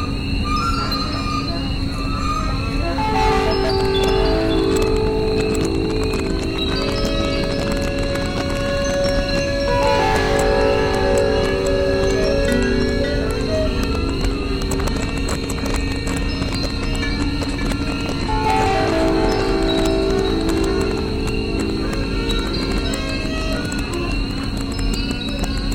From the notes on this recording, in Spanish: Grabaciones de campo (campanas electrónicas y sonidos bucólicos)